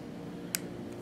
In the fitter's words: right there so you can hear it lock into place it's ready to go